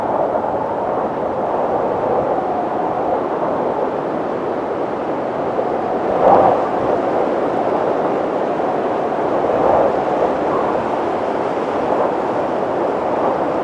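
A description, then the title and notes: A winter windstorm roars steadily through the mountains, a dense, unbroken rushing sound centered in the low middle range. Gusts swell briefly around six seconds and again near ten, adding a brief surge, while the overall roar stays constant throughout. Winter windstorm in the mountains. Three hours of cold wind sounds.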